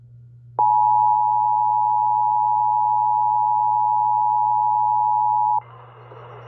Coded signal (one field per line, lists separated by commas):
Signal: Emergency Alert System (SAME) tones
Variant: 853 and 960 Hz attention tone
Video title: EAS 1063: KDKA EAS Test